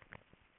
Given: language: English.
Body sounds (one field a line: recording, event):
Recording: throat vibration sensor signal played as sound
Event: swallow